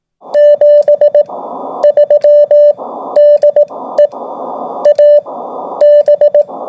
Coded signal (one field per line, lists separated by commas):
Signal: Morse code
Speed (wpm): 18 wpm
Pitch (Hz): 590 Hz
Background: none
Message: 73 DE AB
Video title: AB4WS RADIO SHOW 2026 04 10